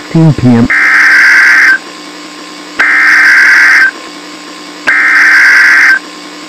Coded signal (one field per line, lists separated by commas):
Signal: Emergency Alert System (SAME) tones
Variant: header bursts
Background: speech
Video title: EAS Scenario: Everybody's Fear Part 3 (The Finale)